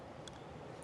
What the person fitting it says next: There you go. So, it's a very light click on that one.